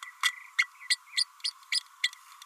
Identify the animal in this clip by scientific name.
Forpus passerinus